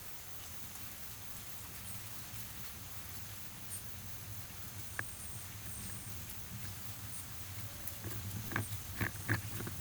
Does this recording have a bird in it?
no